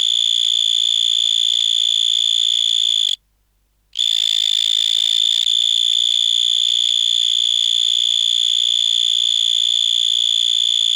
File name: Gryllotalpa vineae